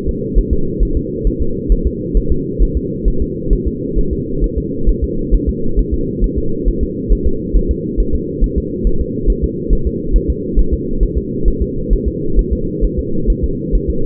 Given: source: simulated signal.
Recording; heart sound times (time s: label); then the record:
fetal heart sounds
0.09 s: S2
0.38 s: S1
0.53 s: S2
0.83 s: S1
0.97 s: S2
1.27 s: S1
1.42 s: S2
1.72 s: S1
1.87 s: S2
2.17 s: S1
2.32 s: S2
2.62 s: S1
2.77 s: S2
3.08 s: S1
3.22 s: S2
3.53 s: S1
3.68 s: S2
3.98 s: S1
4.13 s: S2
4.44 s: S1
4.58 s: S2
4.89 s: S1
5.04 s: S2
5.34 s: S1
5.49 s: S2
5.79 s: S1
5.94 s: S2
6.24 s: S1
6.38 s: S2
6.68 s: S1
6.83 s: S2
7.13 s: S1
7.27 s: S2
7.57 s: S1
7.71 s: S2
8.00 s: S1
8.15 s: S2
8.44 s: S1
8.58 s: S2
8.87 s: S1
9.01 s: S2
9.30 s: S1
9.44 s: S2
9.73 s: S1
9.87 s: S2
10.16 s: S1
10.30 s: S2
10.59 s: S1
10.73 s: S2
11.03 s: S1
11.18 s: S2
11.48 s: S1
11.62 s: S2
11.93 s: S1
12.08 s: S2
12.39 s: S1
12.53 s: S2
12.85 s: S1
12.99 s: S2
13.30 s: S1
13.44 s: S2
13.75 s: S1
13.90 s: S2
From the record:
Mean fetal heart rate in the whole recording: 135 bpm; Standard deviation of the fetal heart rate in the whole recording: 3 bpm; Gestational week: 36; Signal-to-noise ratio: -8.1 dB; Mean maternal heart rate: 72 bpm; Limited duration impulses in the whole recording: absent